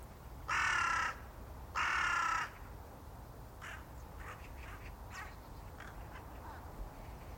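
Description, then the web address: Bird calling two harsh, hoarse caws about a second apart, then softer scattered chirps from other birds over a low background hum. "cianscape. Deverinetal 2025. Bird Only"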